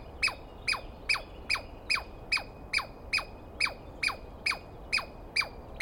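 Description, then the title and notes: Douglas squirrel giving a dozen or so loud descending chirps delivered briskly at a steady beat, low background hiss underneath. Douglas pine squirrel screaming at length at dawn on 21 April 2017 in the East Cascades, startling the recordist awake; identified by sound, not clearly seen. "On the morning of 21 April, 2017, I set up my microphones and recorder for a nice dawn recording in the East Cascades. I was started awake by a screaming Douglas Pine Squirrel"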